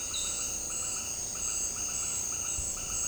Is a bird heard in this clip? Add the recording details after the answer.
no. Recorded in dense forest near Puerto Asís, Putumayo, Colombia, on 21 February 2024 at 18:00. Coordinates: 0.485, -76.318. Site G6408